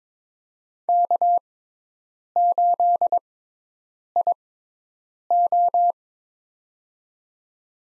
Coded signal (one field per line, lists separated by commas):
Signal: Morse code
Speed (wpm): 22 wpm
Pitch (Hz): 700 Hz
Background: none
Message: K8IO